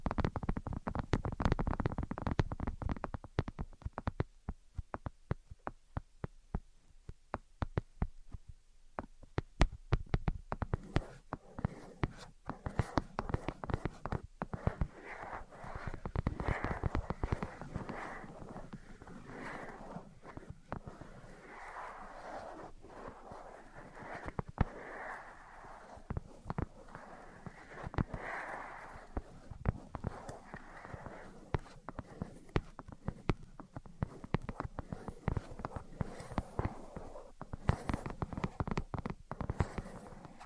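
Tapping and scratching sound throughout, with dense, rapid taps and scrapes crowding together. The first ten seconds are busier and heavier in the low end, then the sound becomes a steadier, softer patter of quick taps and brushing strokes with occasional sharper clicks.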